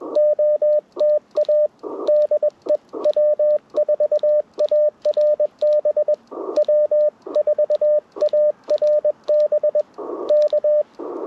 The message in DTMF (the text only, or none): none